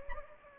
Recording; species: mosquito wingbeat signal from an infrared sensor; Anopheles gambiae